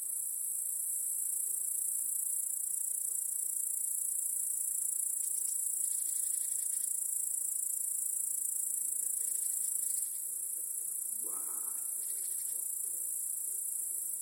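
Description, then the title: Crickets trilling as one unbroken, very high shrill hum throughout, with a few faint lower chirps and a brief soft rising sound near the end. Crickets chorusing in a home backyard in the evening as day turns to night. "Crickets in Your Backyard 🏡. Discovering the Sounds of Home"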